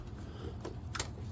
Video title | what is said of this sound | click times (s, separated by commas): How To Replace Intake Manifold Gaskets 2003 Avalanche 5.3L | plug that guy in you can kind of hear him click if you can't hear it on the camera you'll hear it | 0.9 s